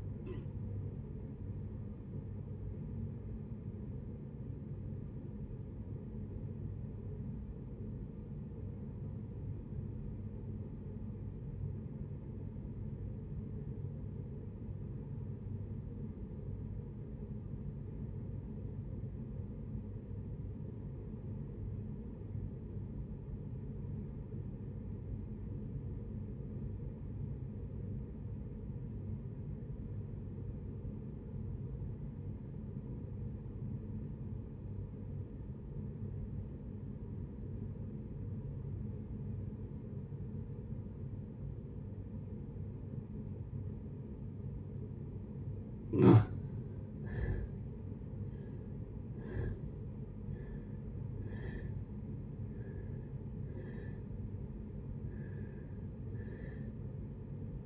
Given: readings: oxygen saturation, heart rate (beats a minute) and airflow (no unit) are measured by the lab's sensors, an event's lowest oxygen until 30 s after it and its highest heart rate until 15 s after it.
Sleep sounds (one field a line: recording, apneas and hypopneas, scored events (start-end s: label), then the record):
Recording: breathing in sleep by a smartphone at the bedside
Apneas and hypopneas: 1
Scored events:
4.00-47.00 s: obstructive apnea (N1, oxygen 94% highest, then 62% lowest, heart rate 66 at the start, 89 highest)
13.00-57.66 s: new sleep stage, REM sleep
From the record:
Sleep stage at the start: N1 (lightest sleep)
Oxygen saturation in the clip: 65 to 94%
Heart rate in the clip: 47 to 89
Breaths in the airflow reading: 6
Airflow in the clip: -6.2 to 8.1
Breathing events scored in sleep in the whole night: 496 in 5.4 hours asleep